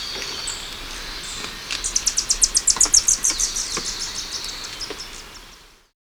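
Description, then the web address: Great sapphirewing calls: a quick burst of high, thin chips over a few seconds, then fading, over faint steady hiss. Ecuador. "Natures Songs S America Birds of Ecuador. Great Sapphirewing"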